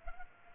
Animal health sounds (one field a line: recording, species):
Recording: mosquito wingbeat signal from an infrared sensor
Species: Culex pipiens